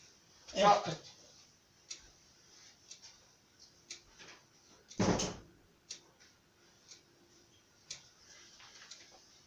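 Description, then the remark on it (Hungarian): A door is shut with a loud, dull thud, followed a few seconds later by a second heavy bang, with soft clicks and light ticking sounds scattered in between. “Csukd az ajtót, mert megfagyok.”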